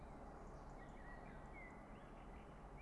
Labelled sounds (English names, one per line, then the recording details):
Common Blackbird
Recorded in Germany
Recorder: ecoPi